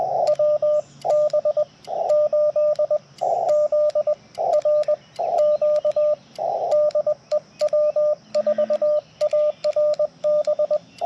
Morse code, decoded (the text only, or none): WB8ZRQ DE W4ARB